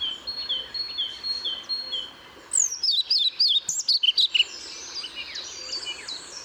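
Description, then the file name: European pied flycatcher sings one quick phrase of high, jerky up-and-down notes, preceded by another bird's steady series of flat, even whistles. Recorded at Paehl on 1 May 2014. "Trauerschnaepper 01 05 2014 Paehl WM Michle Pron"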